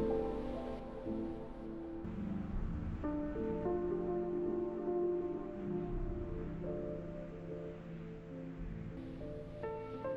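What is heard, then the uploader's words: Soundcheck before a concert: steady, sustained instrument tones hold and shift to new pitches every one to three seconds, with clear changes near 1, 2, 3, 6.5 and 9 seconds. A low rumble and faint hiss run underneath at an even level throughout. On Thursday, April 12, 2018, Andrew Taggart and Chloe Lewis walked between three points in Bergen, Norway. A soundcheck for an afternoon concert.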